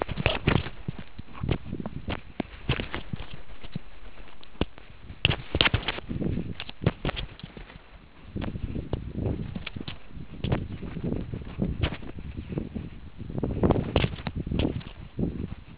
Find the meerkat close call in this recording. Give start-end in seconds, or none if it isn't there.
0.27-0.37